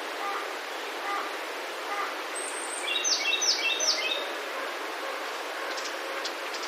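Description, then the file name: Japanese robin song: one short burst of a few sweeping high notes amid faint background hiss and noise. "akahige"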